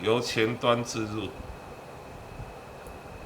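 An inner barrel fitted with its hop-up rubber is slid in from the front of an alloy T-N.T. Studio "THE ONE" hop-up chamber, part of a retrofit kit for WE Glock gas blowback airsoft pistols, moving toward the stop. Someone talks for about the first 1.3 seconds, followed by a quiet, steady background hum. No click is heard, and the barrel has not yet seated.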